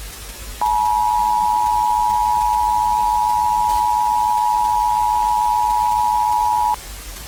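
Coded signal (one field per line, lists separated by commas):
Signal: Emergency Alert System (SAME) tones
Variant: 853 and 960 Hz attention tone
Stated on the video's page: Fake EAS scenario inspired by a film, not a real activation.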